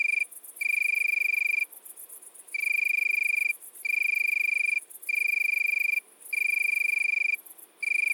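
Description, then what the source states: Italian tree cricket song: clear, pure high trills lasting about a second each, broken by brief gaps, repeated steadily throughout. Recorded at midnight at Le Puech, Cantal.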